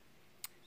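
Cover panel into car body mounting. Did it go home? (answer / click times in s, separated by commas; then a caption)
yes / 0.4 s. A cover panel with its tab trimmed is fitted into its mounting on a Peugeot car body. A single short, sharp click sounds at 0.4 s against quiet background noise, and the panel snaps into place and seats.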